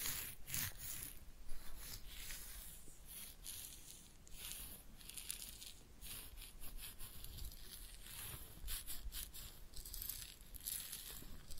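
Head massage and ear cleaning, heard as steady rubbing and scratching that keeps going without a break. Bright crackly scrapes come in quick irregular bursts every second or so, strongest near the start and around the middle, over a soft, continuous low rustle.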